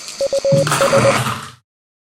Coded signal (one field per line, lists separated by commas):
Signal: Morse code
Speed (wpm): 20 wpm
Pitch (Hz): 550 Hz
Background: none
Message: US